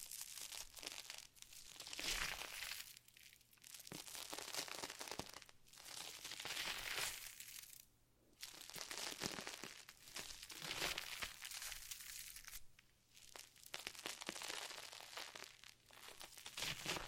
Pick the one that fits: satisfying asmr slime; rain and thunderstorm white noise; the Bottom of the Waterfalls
satisfying asmr slime